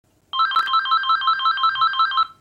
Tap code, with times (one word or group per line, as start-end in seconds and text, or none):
none